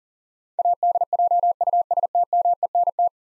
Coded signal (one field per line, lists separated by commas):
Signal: Morse code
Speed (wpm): 40 wpm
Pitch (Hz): 700 Hz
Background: none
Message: ADJUSTMENT